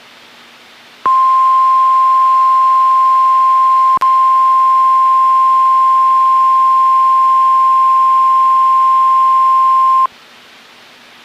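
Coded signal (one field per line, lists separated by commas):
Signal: Emergency Alert System (SAME) tones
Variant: 1050 Hz attention tone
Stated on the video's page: Evening Required Weekly Test on NOAA Weather Radio, recorded directly from the weather radio through an aux cord.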